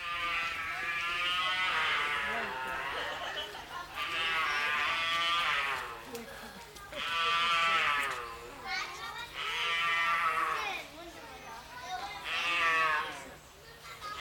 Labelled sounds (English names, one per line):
Puma